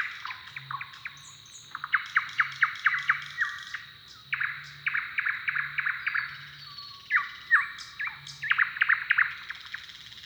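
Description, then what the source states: Bird song: dense rattling and whistled phrases in rapid bursts, separated by short pauses, with a steady high tone and faint low humming in the background. Song duel between neighbouring males.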